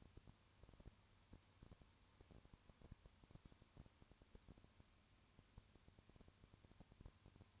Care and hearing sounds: daily activity, microphone in the room; no activity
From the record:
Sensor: 2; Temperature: 20.3 degrees Celsius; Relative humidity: 35.6%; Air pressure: 1000.9 hPa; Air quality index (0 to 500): 196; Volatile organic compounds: 5 ppm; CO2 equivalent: 1729 ppm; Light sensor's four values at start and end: 2/3/2/2 and 2/3/2/2

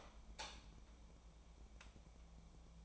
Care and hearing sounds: daily activity, microphone in the room; light off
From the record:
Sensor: 1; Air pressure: 1000.0 hPa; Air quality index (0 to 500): 131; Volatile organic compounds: 2 ppm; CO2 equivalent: 1243 ppm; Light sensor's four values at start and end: 35/89/37/45 and 32/82/34/42

